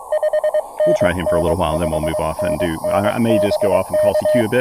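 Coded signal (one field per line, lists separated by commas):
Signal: Morse code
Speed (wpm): 24 wpm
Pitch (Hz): 610 Hz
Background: speech, radio noise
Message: 5NN 5NN BK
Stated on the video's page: QRP CW POTA park activation with an Elecraft KX2, Bamatech TP-III paddles, Packtenna Mini EFHW antenna and Elecraft AX1.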